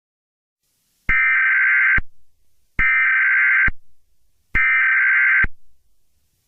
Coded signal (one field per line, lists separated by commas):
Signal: Emergency Alert System (SAME) tones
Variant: header bursts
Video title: EAS Scenario #47: Deadly California School Shooting of 2022